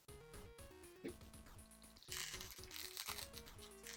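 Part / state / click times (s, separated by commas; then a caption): figure head onto neck ball joint / not seated / none. Music plays while a removed plastic head of a NECA Usagi Yojimbo action figure is pushed back onto its small ball-joint neck peg, a smaller ball than usual. Light plastic handling taps and rustles come through from about 2.1 s onward. Nothing has popped into place yet, so the head is just left resting on the peg for now.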